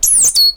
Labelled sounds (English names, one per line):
Stitchbird song